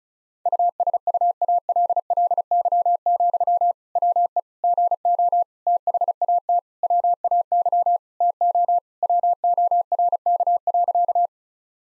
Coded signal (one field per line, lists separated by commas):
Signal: Morse code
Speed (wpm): 34 wpm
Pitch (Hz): 700 Hz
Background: none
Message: USUALLY, WE GO THAT WAY TO WORK.